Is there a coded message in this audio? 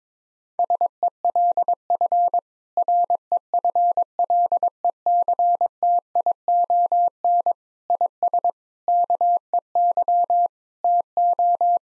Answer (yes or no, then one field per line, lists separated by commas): yes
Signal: Morse code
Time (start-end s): 0.6-11.8 s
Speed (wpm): 22 wpm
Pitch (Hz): 700 Hz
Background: none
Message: SELF REFLECTION IS KEY TO